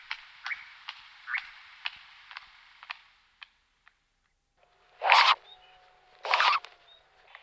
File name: козодой-Ляляк-звычайны